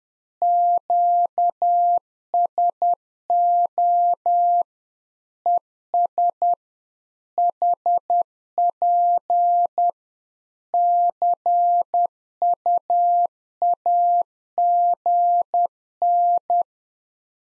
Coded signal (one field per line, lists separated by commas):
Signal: Morse code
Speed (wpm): 10 wpm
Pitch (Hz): 700 Hz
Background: none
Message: QSO ES HP CUAGN